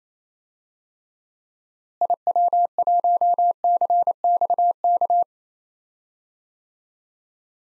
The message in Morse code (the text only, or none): IW1CXK